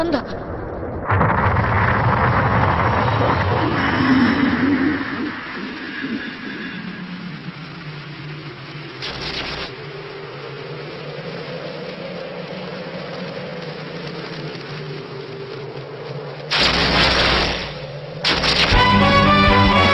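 A sudden explosion as a fight begins bursts in with a heavy roar, settling into a long low rumble, followed later by several sharp, noisy blasts.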